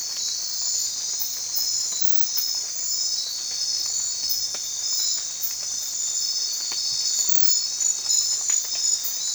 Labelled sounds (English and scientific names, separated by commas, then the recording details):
none
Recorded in secondary vegetation near Puerto Asís, Putumayo, Colombia, on 29 June 2025 at 23:30
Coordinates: 0.499, -76.323
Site G077